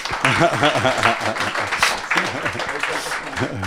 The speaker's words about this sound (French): Ça s'applaudit, ça.